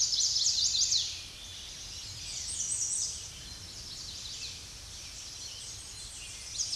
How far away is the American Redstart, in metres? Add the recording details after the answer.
about 25 m. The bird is about 10 m above the microphone. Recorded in a Pennsylvania forest on 16 May 2024 at 06:53. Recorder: AudioMoth, point MSD-0230. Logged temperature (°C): 15.3 °C. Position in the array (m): 49 m, 226 m